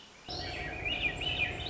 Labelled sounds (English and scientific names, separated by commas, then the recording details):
Swainson's Thrush (Catharus ustulatus)
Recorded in Sonoma County, California